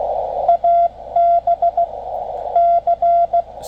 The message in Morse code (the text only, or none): ABC